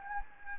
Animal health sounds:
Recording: mosquito wingbeat signal from an infrared sensor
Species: Anopheles gambiae

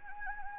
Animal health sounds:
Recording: mosquito wingbeat signal from an infrared sensor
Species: Anopheles gambiae

